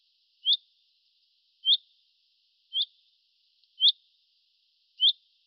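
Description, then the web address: Bird call: five short high chips, evenly spaced a little over a second apart, in a quiet background. "birddata Deverinetal 2025 Bird Fr Co"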